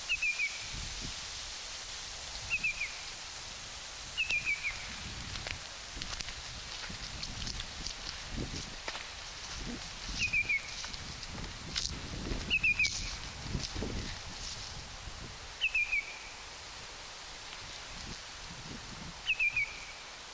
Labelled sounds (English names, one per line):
Lesser Yellowlegs flight call